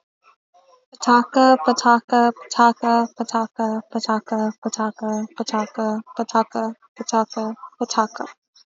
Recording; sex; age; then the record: repeated syllables /pa ta ka/; female; 20 to 29 years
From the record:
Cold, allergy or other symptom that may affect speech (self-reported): no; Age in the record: 25 years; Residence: Arizona, United States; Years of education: 12